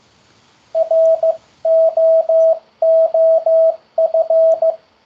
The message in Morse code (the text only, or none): ROOF